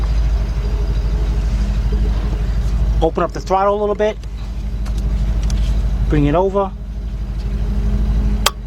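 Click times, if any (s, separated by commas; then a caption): 8.5 s. With the throttle opened a little, the cruise control cable end on a Lincoln LS is brought over and snapped onto the throttle linkage while someone talks over a steady low hum. A loud, sharp click at 8.5 s marks the cable end seating on the linkage.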